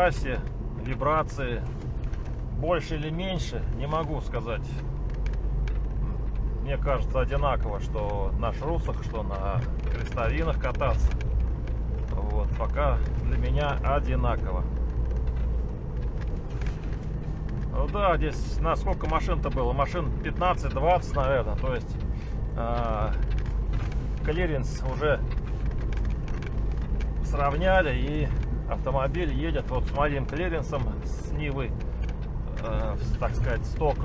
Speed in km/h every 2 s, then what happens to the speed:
15, 12, 15, 13, 13, 15, 17, 18, 18, 19, 18, 16, 17, 18, 15, 16, 16.
0-34 steady at about 16.